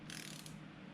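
A steel bolt is ratcheted into the aluminum engine block of a 3rd Gen Tacoma 2GR-FKS engine during a short block swap. It keeps turning without tightening, with sharp ratchet clicks at 0.1, 0.2, 0.3, 0.4 and 0.5 seconds over a low steady hum. The thread is stripping, and the bolt never tightens.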